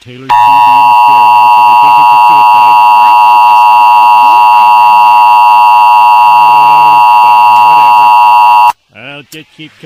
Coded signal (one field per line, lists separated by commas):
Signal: Emergency Alert System (SAME) tones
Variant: 853 and 960 Hz attention tone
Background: speech